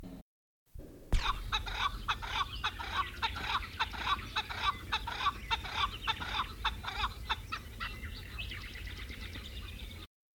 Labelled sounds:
Chukar call

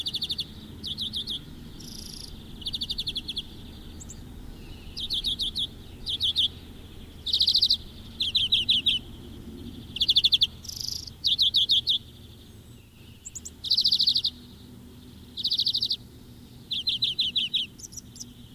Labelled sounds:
European Greenfinch song

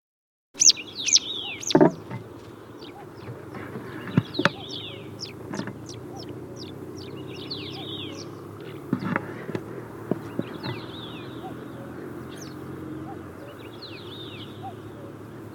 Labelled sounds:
Citrine Wagtail song

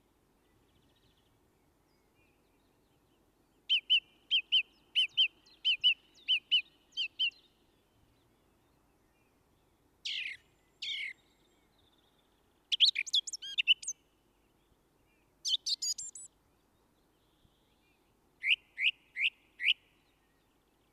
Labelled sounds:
Song Thrush song

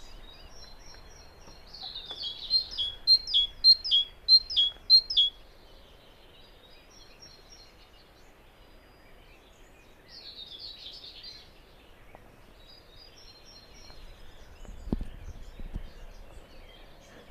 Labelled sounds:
Common Whitethroat song

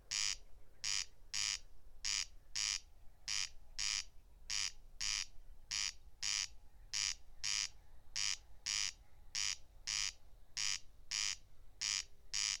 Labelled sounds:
Corn Crake song

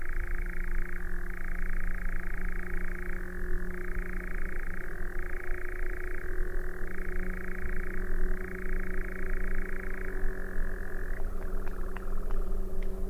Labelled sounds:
Eurasian Nightjar

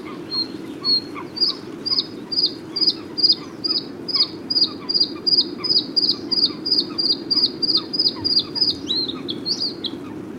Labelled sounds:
Bluethroat song

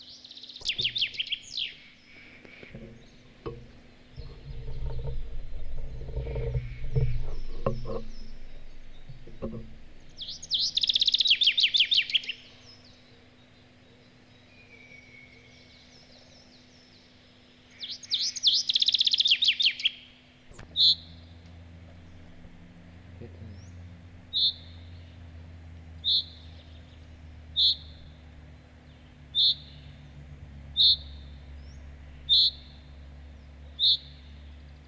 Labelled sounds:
Common Chaffinch

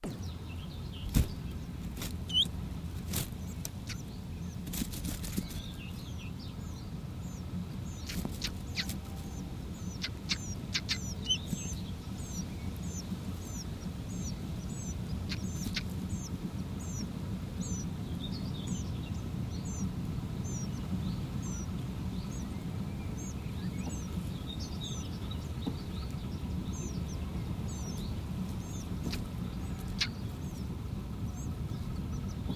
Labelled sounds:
Willow Warbler

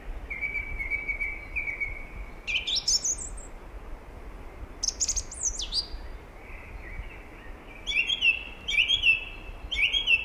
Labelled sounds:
Song Thrush song

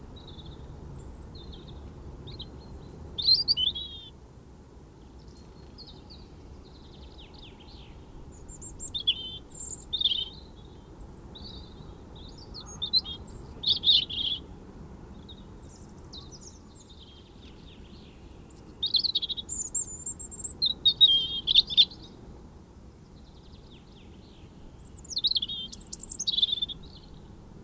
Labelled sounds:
Song Thrush song

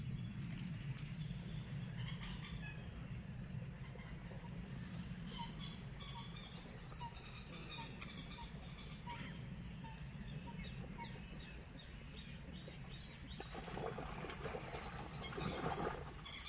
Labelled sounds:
Little Crake call

